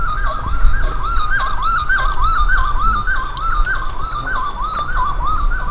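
Bird calling in a steady series of slurred, wavering mid-pitched notes, about two per second, with a fainter higher overtone and some low background noise.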